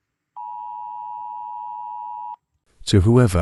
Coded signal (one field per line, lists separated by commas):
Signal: Emergency Alert System (SAME) tones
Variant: 853 and 960 Hz attention tone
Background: speech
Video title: |EAS scenario| the great u.s.a tusami